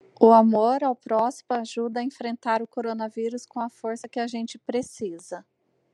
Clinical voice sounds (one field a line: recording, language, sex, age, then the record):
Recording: spoken sentence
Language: Brazilian Portuguese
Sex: female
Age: 30 to 39 years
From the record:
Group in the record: control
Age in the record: 35 years